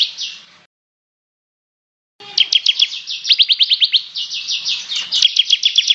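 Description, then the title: Bird song: a short burst of high chirps, a pause of about a second and a half, then a fast run of sharp, repeated high notes continuing to the end. "SuaraBurung Kicau"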